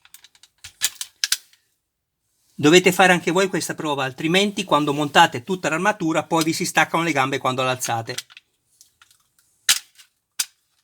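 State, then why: Seated. The plastic leg section of a De Agostini Iron Man model kit (issue 92) is pushed into the torso connecting section during an attach/detach test, and its spring latch clicks home at 10.4 s, seating the leg. Before this, a few small taps and knocks sound, then someone talks from about 2.6 to 8.2 s, followed by faint handling sounds.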